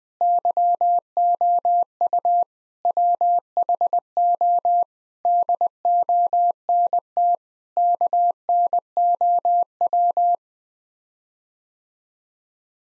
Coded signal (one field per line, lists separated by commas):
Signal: Morse code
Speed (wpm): 20 wpm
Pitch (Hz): 700 Hz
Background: none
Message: YOU WHO DONT KNOW